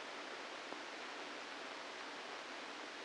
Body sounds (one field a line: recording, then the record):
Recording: brain microelectrode recording played as sound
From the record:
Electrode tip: inside the subthalamic nucleus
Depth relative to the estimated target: 0 mm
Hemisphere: left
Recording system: NeuroSet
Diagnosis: Parkinson's disease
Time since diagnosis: 8 years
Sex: male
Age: 65 years